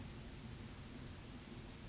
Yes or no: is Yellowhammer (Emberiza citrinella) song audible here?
no